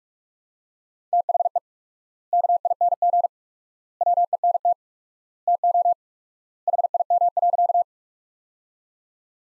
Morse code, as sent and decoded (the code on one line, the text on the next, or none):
- .... . / -.- .. -. --. / .-- . -. - / - --- / .... .. -- .-.-.-
THE KING WENT TO HIM.